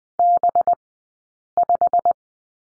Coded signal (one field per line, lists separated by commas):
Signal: Morse code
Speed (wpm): 20 wpm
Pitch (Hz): 700 Hz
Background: none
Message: B5